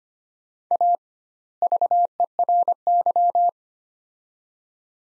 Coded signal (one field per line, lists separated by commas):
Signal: Morse code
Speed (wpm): 25 wpm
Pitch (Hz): 700 Hz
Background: none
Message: A VERY